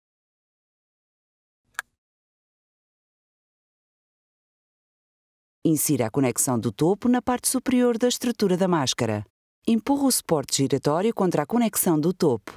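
During reassembly after cleaning, the plastic cushion support of a Philips DreamWear Pillows CPAP nasal pillows mask is pressed against the mask frame until it snaps in. A single sharp click sounds at 1.8 s in an otherwise quiet stretch, then someone talks from about 5.6 s onward. The cushion is seated on the frame.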